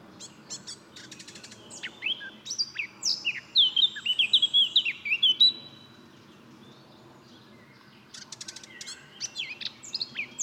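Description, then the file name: Eurasian blackcap: rapid scratchy notes lead into a loud fluty warble of sliding whistles, a quiet gap, then another scratchy twittering start. "Sylvia atricapilla"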